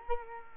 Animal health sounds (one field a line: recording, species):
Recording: mosquito wingbeat signal from an infrared sensor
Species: Culex quinquefasciatus